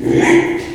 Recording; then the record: squeal of a Yucatan mini pig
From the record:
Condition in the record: after surgery on the right vocal fold (resection and tissue-engineered implant); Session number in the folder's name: 4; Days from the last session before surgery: 42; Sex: male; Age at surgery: 12 weeks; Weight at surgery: 13 kg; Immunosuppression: cyclosporine, prednisolone